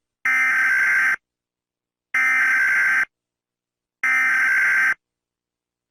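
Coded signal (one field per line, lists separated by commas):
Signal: Emergency Alert System (SAME) tones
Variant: header bursts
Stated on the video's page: Collection of EAS alarms.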